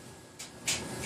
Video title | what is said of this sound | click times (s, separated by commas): Stanley 7-85-782 extendable ratchet review | Each notch on this thing, you just move that collar down and it'll snap into place. | 0.4 s